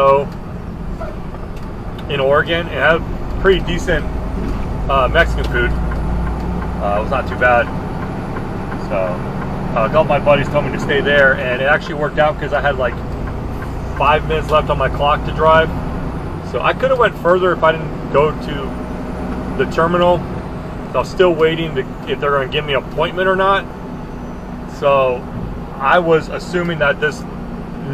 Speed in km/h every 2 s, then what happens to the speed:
40, 39, 42, 47, 50, 55, 56, 58, 61, 61, 61, 61, 61, 60.
2-16 speeds up to 61. 16-28 steady at about 61.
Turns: none.